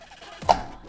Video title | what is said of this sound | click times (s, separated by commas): My first time building a PC | there you go that's the click that I want to hear okay | 0.5 s